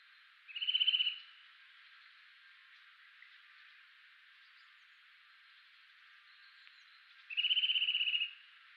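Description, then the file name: Eurasian nuthatch giving two short, rapid trills of fine, evenly spaced notes, the first near the start and the second about seven seconds later, with quiet hiss between. "Sitta europaea"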